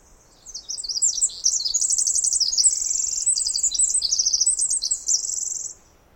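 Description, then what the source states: Pacific wren song: a long, loud cascade of very high, tinkling trills and rapid warbles, with a faint thin whistle underneath. Song; Snider Jackson/Rugged Ridge trail, May 11-13 2018, morning after the dawn chorus, while camping.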